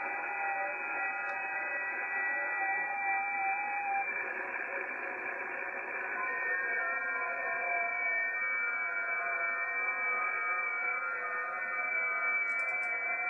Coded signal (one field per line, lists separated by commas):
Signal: FT8